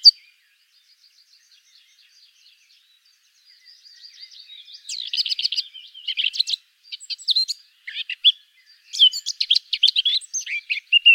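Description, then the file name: Eurasian blackcap: faint ticking notes at first, then from about five seconds a loud, busy warble of mixed scratchy and fluty notes. "Sylvia atricapilla"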